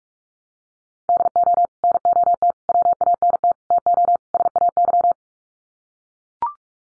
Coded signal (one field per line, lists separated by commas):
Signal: Morse code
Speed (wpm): 44 wpm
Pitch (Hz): 700 Hz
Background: none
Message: DO NOT WANT TO SAY